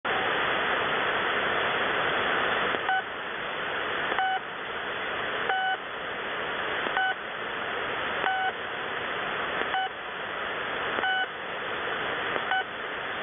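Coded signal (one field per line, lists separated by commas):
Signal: channel marker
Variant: The Pip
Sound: short sharp pips repeating about every 1.4 seconds over steady radio hiss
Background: radio static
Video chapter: 00:00 - Pip marker turns on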